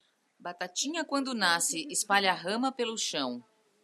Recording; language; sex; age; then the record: short text; Brazilian Portuguese; female; 40 to 49 years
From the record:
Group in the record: control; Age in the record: 41 years